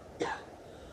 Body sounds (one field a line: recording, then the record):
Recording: coughing mixed with background sound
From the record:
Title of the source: female coughing - coughing sound effects girl